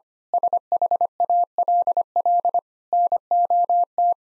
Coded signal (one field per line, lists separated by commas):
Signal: Morse code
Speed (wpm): 25 wpm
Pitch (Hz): 700 Hz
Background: none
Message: SHALL NOT